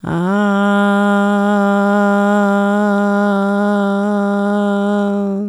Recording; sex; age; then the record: sustained vowel /a/; female; 60 to 69 years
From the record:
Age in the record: 69 years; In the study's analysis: included